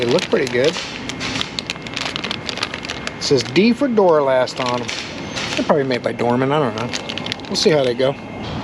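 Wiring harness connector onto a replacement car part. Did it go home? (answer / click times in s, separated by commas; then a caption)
no / none. A wiring harness connector is being handled and pushed toward a new replacement part during a car repair. Someone talks while short, sharp handling ticks occur between about 1.4 and 2.6 seconds. Nothing has clicked or seated yet by the end.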